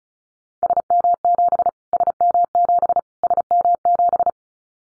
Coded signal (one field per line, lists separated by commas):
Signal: Morse code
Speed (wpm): 34 wpm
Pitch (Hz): 700 Hz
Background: none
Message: SM7 SM7 SM7